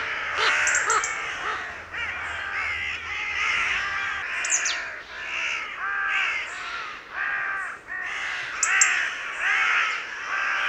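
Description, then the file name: Carrion crow calls, a steady chorus of rough, arched caws from several birds overlapping throughout, with a few brief higher clicks. "Corvus corone"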